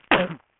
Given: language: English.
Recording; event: throat vibration sensor signal played as sound; cough